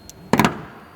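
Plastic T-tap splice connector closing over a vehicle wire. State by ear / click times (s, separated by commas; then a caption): seated / 0.3 s. A plastic T-tap splice connector is closed over a trailer wiring lead and its locking tab is pressed shut by hand. After a faint tick, a sharp snap at 0.3 s is followed by two quick clacks that fade into a low hiss. The connector is locked securely in place.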